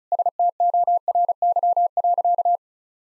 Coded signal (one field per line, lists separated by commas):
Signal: Morse code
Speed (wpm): 36 wpm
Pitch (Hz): 700 Hz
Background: none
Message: STORY.